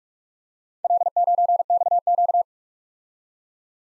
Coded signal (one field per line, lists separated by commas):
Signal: Morse code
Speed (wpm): 44 wpm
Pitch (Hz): 700 Hz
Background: none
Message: L9XQ